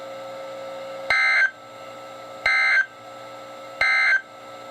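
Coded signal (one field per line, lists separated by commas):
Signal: Emergency Alert System (SAME) tones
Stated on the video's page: NOAA weather radio alerts received from KHB36 and WXM57; WXM57 arrives at night on 162.400, the same frequency as KEC83.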